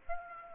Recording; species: mosquito wingbeat signal from an infrared sensor; Aedes aegypti